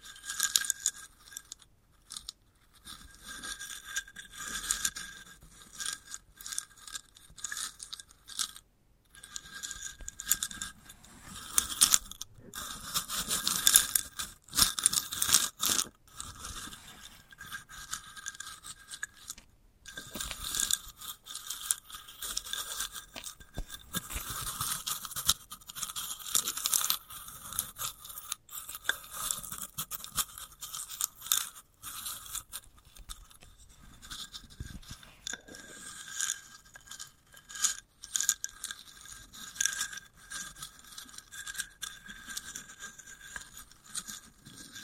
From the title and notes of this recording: ASMR of a Sunflower Head (No Talking).